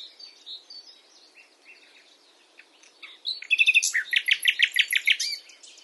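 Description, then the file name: Common nightingale singing: quiet varied notes first, then a loud, rapid series of repeated bright notes from about halfway through. "Luscinia megarhynchos"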